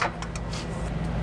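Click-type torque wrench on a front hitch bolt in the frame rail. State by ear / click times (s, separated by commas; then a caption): torque reached / 0.0 s. A click-type torque wrench tightens the front hitch bolt in the frame rail of a 1990 Toyota 4Runner during a trailer hitch installation. The wrench gives a sharp click at 0.0 s, followed by two fainter ticks near 0.2 s and 0.4 s over a steady low rumble. The click confirms the bolt has reached torque.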